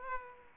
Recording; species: mosquito wingbeat signal from an infrared sensor; Aedes aegypti